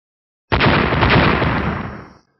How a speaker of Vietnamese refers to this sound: Mấy tiếng nổ mạnh truyền tới từ chân trời phía xa, rồi bộc phát ra hào quang vô cùng chói mắt, chợt hiện rồi tắt, liền khôi phục như thường.